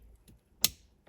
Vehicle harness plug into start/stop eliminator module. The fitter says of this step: until it clicks. You see the module flashed, and when the module flashes, you know that